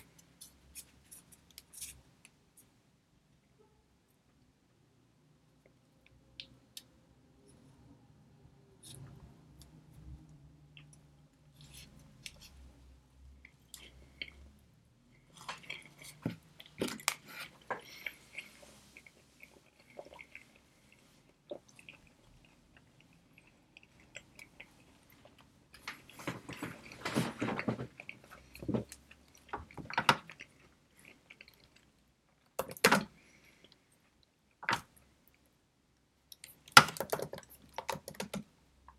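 Studying with pencil and computer: sparse clicks over a low murmur at first, then busier keyboard tapping and scratchy bursts after fifteen seconds.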